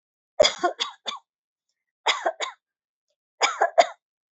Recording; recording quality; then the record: shallow voluntary cough; excellent, no background noise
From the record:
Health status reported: healthy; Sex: female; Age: 33 years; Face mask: worn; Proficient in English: yes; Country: India